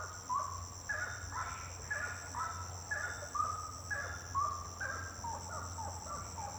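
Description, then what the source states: Bird giving short, sharp notes about once a second, over a steady high drone and a low hum. Birds singing at night; intense song.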